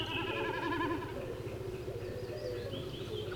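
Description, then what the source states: Common Snipe drumming, a quavering, bleating tremolo sound in the first second, then fainter, with a steady low rumble throughout. Bird high in the blue sky, diving; the sound is made by vibrating tail feathers and is likened to a lamb bleating.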